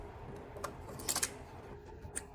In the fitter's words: Twist it in the opposite direction. You heard it, a click.